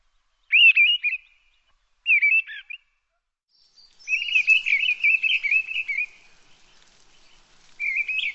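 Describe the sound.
Birdsong with short chirpy warbles, then a longer, sustained twittering phrase lasting about two seconds before a final brief warble.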